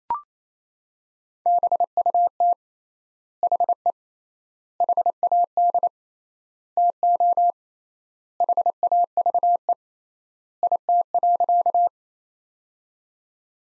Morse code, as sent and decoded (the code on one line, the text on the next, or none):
-... ..- - / .... . / .... .- -.. / - --- / .... .- ...- . / .. - .-.-.-
BUT HE HAD TO HAVE IT.